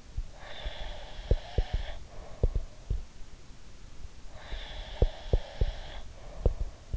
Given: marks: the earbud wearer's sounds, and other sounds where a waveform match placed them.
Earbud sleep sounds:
sounds in sleep by an in-ear microphone; breath
0.15-3.01 s: breath
0.33-2.65 s: sound from someone else or the room
4.30-6.97 s: breath
4.48-6.97 s: sound from someone else or the room

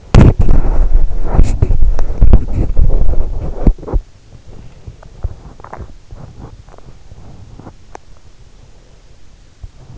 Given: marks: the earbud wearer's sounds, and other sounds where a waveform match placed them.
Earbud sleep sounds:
sounds in sleep by an in-ear microphone; body movement
0.00-8.15 s: body movement

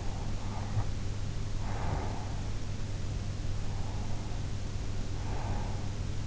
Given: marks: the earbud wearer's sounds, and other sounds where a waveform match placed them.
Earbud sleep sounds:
sounds in sleep by an in-ear microphone; breath
0.00-2.52 s: breath
3.79-5.95 s: breath

